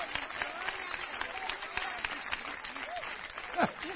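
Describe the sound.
An audience applauds in a steady, dense wash of clapping that holds for several seconds, with raised voices calling out over it and one louder shout near the end.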